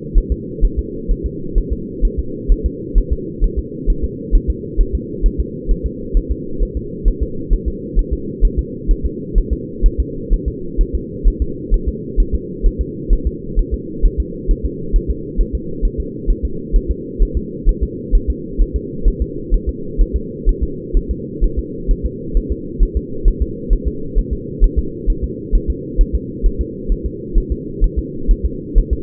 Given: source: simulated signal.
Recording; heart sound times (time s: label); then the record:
fetal heart sounds
0.18 s: S1
0.32 s: S2
0.65 s: S1
0.79 s: S2
1.11 s: S1
1.26 s: S2
1.58 s: S1
1.73 s: S2
2.05 s: S1
2.19 s: S2
2.52 s: S1
2.66 s: S2
2.98 s: S1
3.12 s: S2
3.44 s: S1
3.59 s: S2
3.90 s: S1
4.04 s: S2
4.35 s: S1
4.50 s: S2
4.80 s: S1
4.95 s: S2
5.26 s: S1
5.40 s: S2
5.71 s: S1
5.86 s: S2
6.17 s: S1
6.31 s: S2
6.62 s: S1
6.77 s: S2
7.08 s: S1
7.23 s: S2
7.53 s: S1
7.68 s: S2
7.99 s: S1
8.13 s: S2
8.45 s: S1
8.59 s: S2
8.91 s: S1
9.05 s: S2
9.38 s: S1
9.53 s: S2
9.86 s: S1
10.00 s: S2
10.33 s: S1
10.48 s: S2
10.81 s: S1
10.95 s: S2
11.28 s: S1
11.42 s: S2
11.74 s: S1
11.88 s: S2
12.20 s: S1
12.35 s: S2
12.66 s: S1
12.81 s: S2
13.13 s: S1
13.27 s: S2
13.59 s: S1
13.74 s: S2
14.05 s: S1
14.20 s: S2
14.51 s: S1
14.66 s: S2
14.96 s: S1
15.10 s: S2
15.41 s: S1
15.55 s: S2
15.85 s: S1
16.00 s: S2
16.30 s: S1
16.45 s: S2
16.76 s: S1
16.91 s: S2
17.22 s: S1
17.37 s: S2
17.69 s: S1
17.83 s: S2
18.15 s: S1
18.30 s: S2
18.62 s: S1
18.76 s: S2
19.08 s: S1
19.22 s: S2
19.54 s: S1
19.69 s: S2
20.01 s: S1
20.16 s: S2
20.49 s: S1
20.63 s: S2
20.97 s: S1
21.11 s: S2
21.44 s: S1
21.59 s: S2
21.91 s: S1
22.05 s: S2
22.37 s: S1
22.52 s: S2
22.83 s: S1
22.97 s: S2
23.28 s: S1
23.42 s: S2
23.73 s: S1
23.88 s: S2
24.18 s: S1
24.33 s: S2
24.64 s: S1
24.79 s: S2
25.10 s: S1
25.24 s: S2
25.55 s: S1
25.70 s: S2
26.01 s: S1
26.15 s: S2
26.46 s: S1
26.61 s: S2
26.92 s: S1
27.06 s: S2
27.38 s: S1
27.52 s: S2
27.84 s: S1
27.99 s: S2
28.31 s: S1
28.46 s: S2
28.78 s: S1
28.93 s: S2
From the record:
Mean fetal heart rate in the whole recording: 130 bpm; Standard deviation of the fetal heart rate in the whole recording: 2 bpm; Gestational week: 38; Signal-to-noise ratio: -4.3 dB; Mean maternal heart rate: 72 bpm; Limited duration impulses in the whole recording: absent